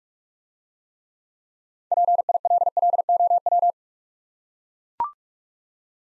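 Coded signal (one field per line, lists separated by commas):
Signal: Morse code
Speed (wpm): 44 wpm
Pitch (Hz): 700 Hz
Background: none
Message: PILLOW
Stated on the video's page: Morse practice set of easy words with contextual hints, speed-racing, 35 wpm.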